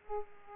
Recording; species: mosquito wingbeat signal from an infrared sensor; Aedes aegypti